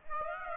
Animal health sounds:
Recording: mosquito wingbeat signal from an infrared sensor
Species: Aedes aegypti

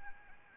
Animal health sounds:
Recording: mosquito wingbeat signal from an infrared sensor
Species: Anopheles arabiensis

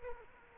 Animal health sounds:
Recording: mosquito wingbeat signal from an infrared sensor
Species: Culex quinquefasciatus

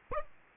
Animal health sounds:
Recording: mosquito wingbeat signal from an infrared sensor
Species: Aedes aegypti

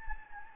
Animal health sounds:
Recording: mosquito wingbeat signal from an infrared sensor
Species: Anopheles gambiae

